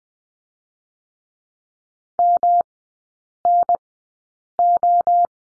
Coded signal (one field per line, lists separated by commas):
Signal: Morse code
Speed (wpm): 20 wpm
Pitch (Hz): 700 Hz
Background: none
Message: MNO